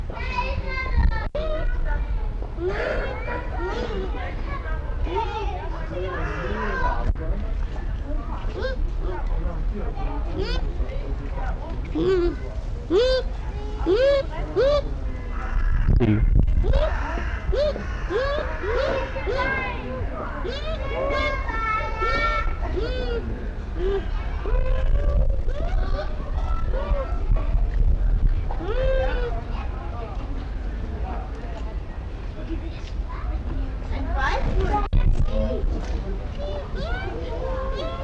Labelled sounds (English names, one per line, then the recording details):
Bush Dog
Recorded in captivity
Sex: pair
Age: adult
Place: Zoo Berlin, Berlin, DE
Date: 1994-08-27 13:27
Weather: heiter, 15-20°C
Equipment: Marantz CP 430, Sennheiser ME 80, Kopie Uher Variocord 263
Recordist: Tembrock, Günter
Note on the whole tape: Paar, umherlaufend (bevor der Pfleger kam), Weibchen vor Innentür: Rufreihen, davor helle Laute, auch höhere Lautstärke - längere Stücke, diverse Lautformen, Lautfolge meist Männchen, Weibchen. Entfernung 50cm - 5m